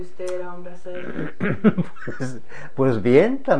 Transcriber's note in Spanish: risas